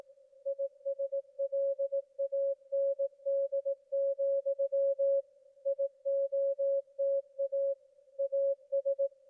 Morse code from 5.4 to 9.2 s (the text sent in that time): IOTA AS